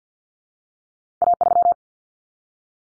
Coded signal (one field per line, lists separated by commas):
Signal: Morse code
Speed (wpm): 48 wpm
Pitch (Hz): 700 Hz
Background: none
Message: A3